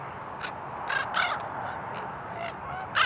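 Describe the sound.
Ravens giving short, harsh croaking caws, about six brief calls scattered over three seconds, over a steady background hiss.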